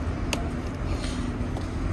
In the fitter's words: make sure it clicks and then now we connect this back